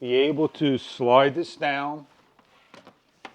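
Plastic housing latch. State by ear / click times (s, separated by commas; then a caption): seated / 3.2 s. Someone talks while the folding head of a Primevolve 10" battery-operated portable oscillating foldaway fan is slid down and closed over the sleeve holding its remote. Faint handling taps follow, then a sharp click at 3.3 s as the fan head locks into its closed position on the base.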